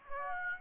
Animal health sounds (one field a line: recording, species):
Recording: mosquito wingbeat signal from an infrared sensor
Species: Aedes aegypti